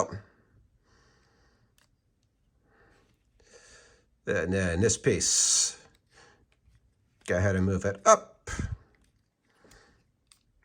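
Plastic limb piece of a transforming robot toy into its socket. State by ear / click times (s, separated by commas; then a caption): seated / 10.3 s. Someone talks while moving a plastic limb piece of a Studio Series 86 transforming robot toy up into its socket. A short, sharp click at 10.3 s marks the piece snapping into place, and it is seated.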